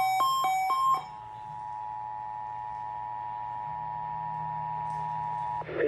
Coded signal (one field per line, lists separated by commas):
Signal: Emergency Alert System (SAME) tones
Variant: 853 and 960 Hz attention tone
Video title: King County DEM Required Monthly Test EAS(12-12-2020)